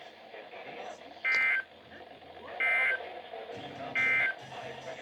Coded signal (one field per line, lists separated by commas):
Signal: Emergency Alert System (SAME) tones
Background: speech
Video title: Weekly Tests: Live Voice Edition. (EAS#64-68)